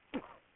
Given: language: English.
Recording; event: throat vibration sensor signal played as sound; cough